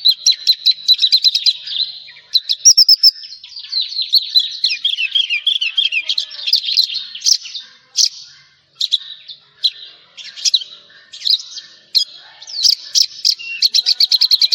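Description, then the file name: Javan bush lark singing a long varied song of rapid chips, descending buzzy slurs and repeated trills, with short breaks. "suara burung branjangan jawa"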